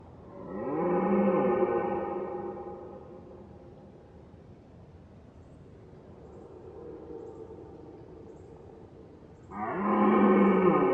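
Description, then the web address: Red Deer roaring: a loud, rough bellow lasting about two seconds, then a quiet groaning stretch, then a second strong bellow beginning near the end. Red deer roaring, heard at far distance. "Ivo Vicic - Red Deer and Roe Deer"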